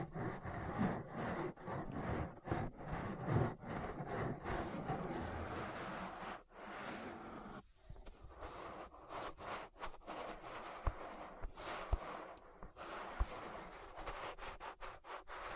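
An ear massage: dense rubbing and scratching with frequent sharp brushing strokes, fuller and louder through the first seven seconds. After a brief softening near the middle, the rubbing continues thinner and quieter, punctuated by occasional crisp taps and clicks near the end.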